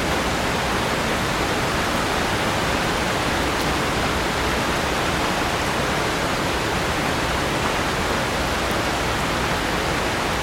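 Heavy rain pours down steadily in a city, a dense, unbroken hiss that fills everything from low rumble to bright spatter. Nothing changes across the ten seconds; the downpour stays constant, with only faint ticks of individual drops now and then.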